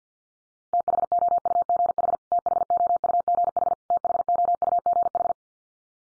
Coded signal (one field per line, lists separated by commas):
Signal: Morse code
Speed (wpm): 50 wpm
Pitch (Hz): 700 Hz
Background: none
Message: THOUGH THOUGH THOUGH